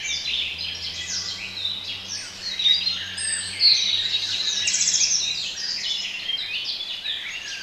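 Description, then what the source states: Birds singing in a dense chorus of high chirps and twittering trills, with a faint low hum underneath. Bird sounds for relaxation.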